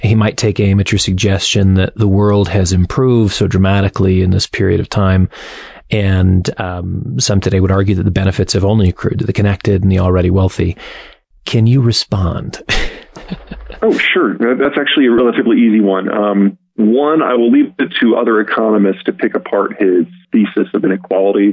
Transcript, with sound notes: He might take aim at your suggestion that the world has improved so dramatically in this period of time, and some today would argue that the benefits have only accrued to the connected and the already wealthy. Can you respond (laughs)
Oh sure. That’s actually a relatively easy one. One, I will leave it to other economists to pick apart his thesis of inequality.